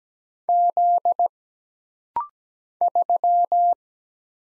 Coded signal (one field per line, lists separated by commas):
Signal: Morse code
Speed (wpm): 17 wpm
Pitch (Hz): 700 Hz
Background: none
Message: Z 3